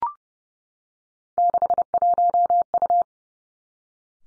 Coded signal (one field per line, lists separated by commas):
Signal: Morse code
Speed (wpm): 30 wpm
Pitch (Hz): 700 Hz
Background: none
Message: 61U